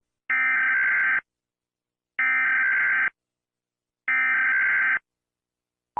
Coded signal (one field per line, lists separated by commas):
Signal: Emergency Alert System (SAME) tones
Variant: header bursts